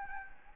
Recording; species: mosquito wingbeat signal from an infrared sensor; Anopheles gambiae